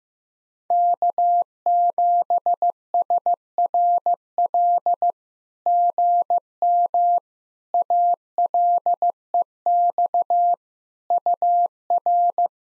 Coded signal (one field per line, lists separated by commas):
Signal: Morse code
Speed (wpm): 15 wpm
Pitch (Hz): 700 Hz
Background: none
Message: K7SRL GM ALEX UR